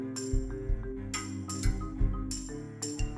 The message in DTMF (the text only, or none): none